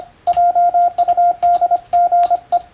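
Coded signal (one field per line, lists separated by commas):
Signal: Morse code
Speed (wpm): 25 wpm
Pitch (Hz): 700 Hz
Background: radio noise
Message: JUDGE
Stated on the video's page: Morse receiving practice at 125 characters per minute for the first-class radiotelegraph operator exam.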